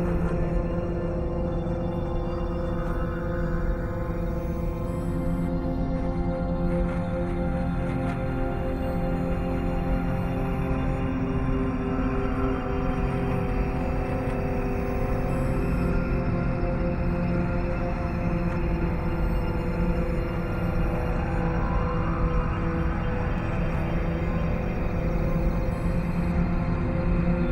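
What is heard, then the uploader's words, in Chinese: A sci-fi wormhole passage: a thick, unbroken drone of layered humming tones, heaviest in the low and middle range, holds at a constant loudness throughout. Faint rising and falling sweeps drift over it near the start and again toward the end, with thin high whines above. 這件聲音是由藝術家李承亮的《時光旅行艙》所搭載， 馮稚暝聲音製作。這是關於穿越蟲洞的音景聲音， 取樣40-60年代科幻片發展進程下的穿越穿梭聲音。合成器聲音與實驗聲響。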